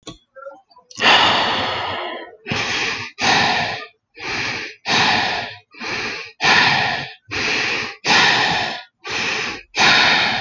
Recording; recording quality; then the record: shallow breathing; excellent, no background noise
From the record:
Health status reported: healthy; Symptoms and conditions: hypertension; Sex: male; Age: 35 years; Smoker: yes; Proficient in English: yes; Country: United States